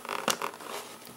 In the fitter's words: they should snap right in just like that